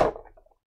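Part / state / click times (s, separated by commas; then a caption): plastic lid onto a board game component insert tray / not seated / none. A plastic lid is being handled over a board game storage insert tray holding tokens and miniatures. A short knock-like contact opens the clip, then fades over about half a second into faint rattles. Nothing has seated or snapped into place yet.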